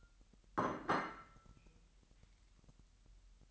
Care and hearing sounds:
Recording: daily activity, microphone in the room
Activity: place plate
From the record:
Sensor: 3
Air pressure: 1002.0 hPa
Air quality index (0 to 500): 247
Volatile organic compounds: 51 ppm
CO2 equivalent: 3308 ppm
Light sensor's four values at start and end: 12/37/16/13 and 12/36/16/13

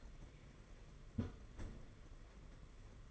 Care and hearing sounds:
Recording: daily activity, microphone in the room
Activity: close fridge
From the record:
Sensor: 4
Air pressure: 992.6 hPa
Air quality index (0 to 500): 167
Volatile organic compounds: 231 ppm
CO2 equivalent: 4307 ppm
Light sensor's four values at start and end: 19/66/24/25 and 19/66/24/25

